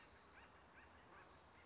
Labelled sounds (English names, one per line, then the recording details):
California Towhee
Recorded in Sonoma County, California